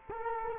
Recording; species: mosquito wingbeat signal from an infrared sensor; Culex quinquefasciatus